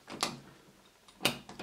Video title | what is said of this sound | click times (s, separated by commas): Paulimot Niederzugschraubstock Teil 1 | que sigo empujando hasta que encaje en su lugar. | 1.2 s